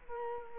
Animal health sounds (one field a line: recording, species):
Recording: mosquito wingbeat signal from an infrared sensor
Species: Culex quinquefasciatus